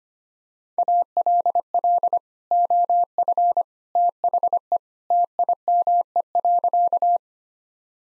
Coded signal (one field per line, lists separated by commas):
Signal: Morse code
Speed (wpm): 25 wpm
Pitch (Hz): 700 Hz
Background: none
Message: ALL OF THE TIME.